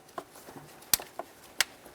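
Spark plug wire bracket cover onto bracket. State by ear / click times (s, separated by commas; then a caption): seated / 0.9 s, 1.6 s. A plastic spark plug wire bracket cover on a 2006-2010 Ford Explorer is bent around the spark plug wires and latched onto the bracket. Softer ticks are heard around 0.2 s and 1.2 s, then two loud, sharp clicks at 0.9 s and 1.6 s. The cover latches in and is seated.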